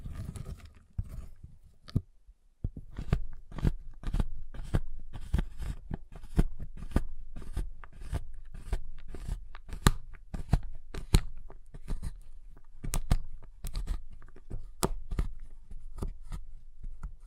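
Tapping, cutting and snapping on a giant chocolate bar: a steady run of crisp, sharp clicks and cracks, two or three a second, with a few louder snaps standing out. A brief pause near the two-second mark, and a soft low rumble underneath throughout.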